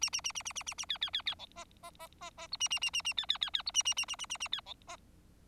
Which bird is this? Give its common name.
Bengalese Finch